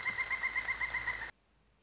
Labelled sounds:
Pileated Woodpecker
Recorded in Sonoma County, California

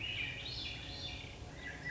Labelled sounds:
Swainson's Thrush
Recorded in Sonoma County, California

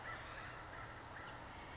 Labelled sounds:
California Towhee
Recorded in Sonoma County, California

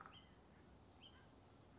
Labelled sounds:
Hutton's Vireo
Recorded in Sonoma County, California

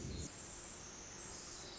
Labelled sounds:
Pacific Wren
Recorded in Sonoma County, California

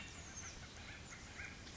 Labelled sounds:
Oak Titmouse
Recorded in Sonoma County, California

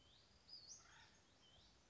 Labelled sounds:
Acorn Woodpecker
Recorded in Sonoma County, California

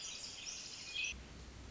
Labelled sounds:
Pacific Wren
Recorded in Sonoma County, California

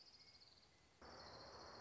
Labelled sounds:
Orange-crowned Warbler
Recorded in Sonoma County, California

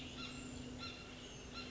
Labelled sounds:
Cassin's Vireo
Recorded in Sonoma County, California

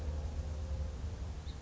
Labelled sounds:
House Finch
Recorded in Sonoma County, California

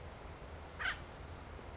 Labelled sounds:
Acorn Woodpecker
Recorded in Sonoma County, California

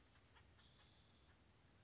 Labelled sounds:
California Towhee
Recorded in Sonoma County, California

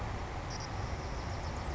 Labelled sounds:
Savannah Sparrow
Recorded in Sonoma County, California

